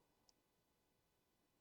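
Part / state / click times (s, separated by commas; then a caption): battery and USB port cover latching onto a 360 action camera body / not seated / none. The battery and USB port cover of an Insta360 X4 360 action camera is handled as it is being closed against the camera body. A single brief, sharp tick sounds at about 0.3 s over an otherwise quiet background. The cover has not seated or clicked locked yet.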